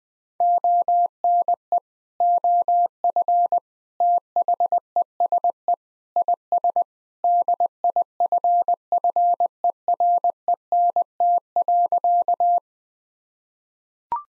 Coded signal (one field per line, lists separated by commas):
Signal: Morse code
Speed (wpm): 20 wpm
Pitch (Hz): 700 Hz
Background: none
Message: ONE OF THESE IS DIFFERENT.